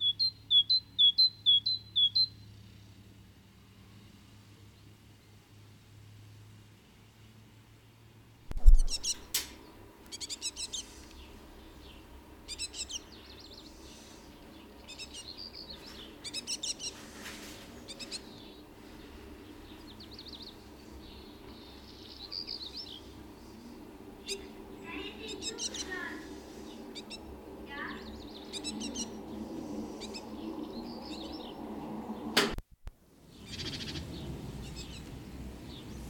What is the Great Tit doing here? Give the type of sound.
song